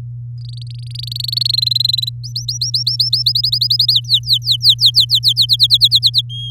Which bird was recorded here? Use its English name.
Domestic Canary